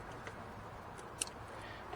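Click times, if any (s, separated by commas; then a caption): 1.2 s. The plastic wiring connector of a new upstream oxygen sensor (bank 2 sensor 1) on a 2010 Ford Edge, replaced for code P0150, is pushed back into the vehicle's engine harness connector. A soft tick at 0.3 s is followed by a sharp, bright latch click at 1.2 s and a faint tick just after. The connector is seated and latched.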